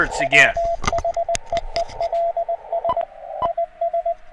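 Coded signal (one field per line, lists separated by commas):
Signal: Morse code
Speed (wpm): 20 wpm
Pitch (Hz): 680 Hz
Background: speech, radio noise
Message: WHEELS IS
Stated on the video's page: CW received through varying passband widths, showing that narrowing the passband improves readability.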